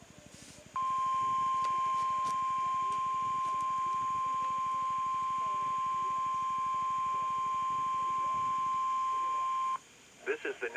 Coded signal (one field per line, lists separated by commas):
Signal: Emergency Alert System (SAME) tones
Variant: 1050 Hz attention tone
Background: speech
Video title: WXL52 Weekly Test (11/10/21)(EAS 980)